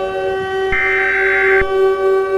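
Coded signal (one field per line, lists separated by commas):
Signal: Emergency Alert System (SAME) tones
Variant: header bursts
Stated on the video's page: Fictional EAS scenario containing valid tones, with sirens.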